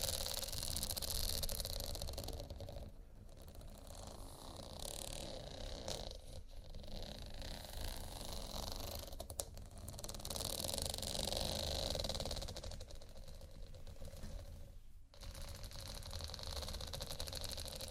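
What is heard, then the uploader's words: Slow scratching and tapping on textured surfaces makes a dense, continuous rasp with a steady low hum beneath it. The scratching swells brighter near the start and again around ten to twelve seconds, with short pauses near three, six, nine and fifteen seconds. ASMR Slow Scratching & Tapping on Textures (No Talking).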